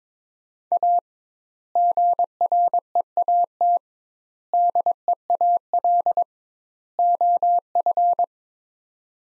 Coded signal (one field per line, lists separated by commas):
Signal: Morse code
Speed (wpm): 22 wpm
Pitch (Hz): 700 Hz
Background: none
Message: A GREAT DEAL OF